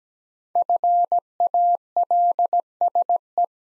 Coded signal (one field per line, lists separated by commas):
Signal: Morse code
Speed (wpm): 17 wpm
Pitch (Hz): 700 Hz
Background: none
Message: FALSE